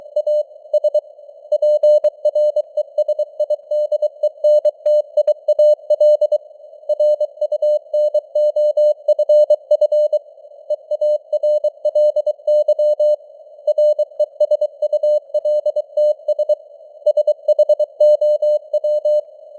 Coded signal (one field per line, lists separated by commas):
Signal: Morse code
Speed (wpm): 23 wpm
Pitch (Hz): 600 Hz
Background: none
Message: A S PRESIDENTIAL RUNOFF EARLY RESULTS SHOW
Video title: Morse Code News | 2025-10-20 | 23wpm